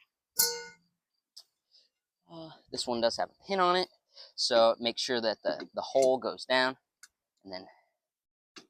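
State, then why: Seated. A plastic part labeled E, on a tall skeleton Halloween prop, is lined up so its hole goes down over a locating pin on the prop frame. Someone talks, and the part is pushed until it snaps into its pinned socket with a sharp click at 8.6 s. The part seats and locks in place.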